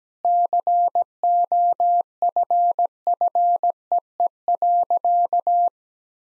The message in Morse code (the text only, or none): COFFEE.